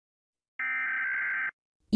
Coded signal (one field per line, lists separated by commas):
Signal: Emergency Alert System (SAME) tones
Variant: header bursts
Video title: Rating EAS Alarms based on how scary they are (Part 1)